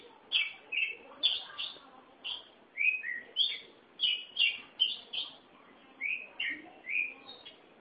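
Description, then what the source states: Oriental magpie-robin singing varied clear whistles and chirpy slurs in quick bursts, some notes dropping in pitch, separated by short pauses. Chirping song (kicauan) of the bird.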